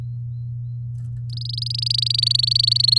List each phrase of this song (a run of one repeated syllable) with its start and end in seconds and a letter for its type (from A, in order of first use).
1.30-2.98 A